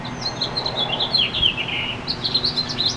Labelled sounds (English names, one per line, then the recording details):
House Finch song
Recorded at Moriches on Long Island, New York, on 22 June 2013
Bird B